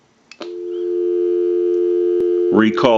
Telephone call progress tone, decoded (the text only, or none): dial tone